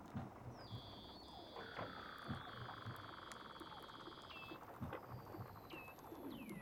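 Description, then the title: Weddell seal whistle: a flat, held high tone lasting about four seconds, a lower whistle sliding down beneath it, and several short downward chirps. Recorded underwater. "Weddell Seals (Underwater)"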